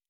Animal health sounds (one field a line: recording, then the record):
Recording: hydrophone in a shrimp aquaculture tank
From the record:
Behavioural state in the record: normal